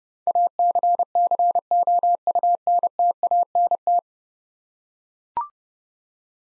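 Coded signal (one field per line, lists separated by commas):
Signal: Morse code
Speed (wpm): 30 wpm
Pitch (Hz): 700 Hz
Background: none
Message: ACCOUNTANT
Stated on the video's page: Morse code head-copy drill of ten-letter words at 30 wpm; each word is sent, spoken, then sent again.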